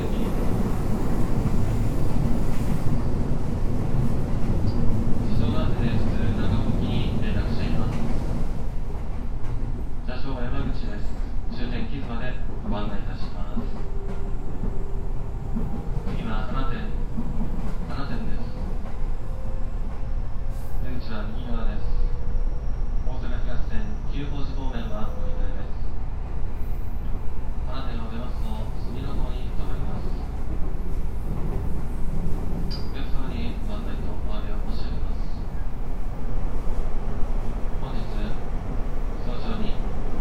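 A 207 series electric train rolls along steadily with a low constant rumble, while people talk throughout and a faint whine rises midway.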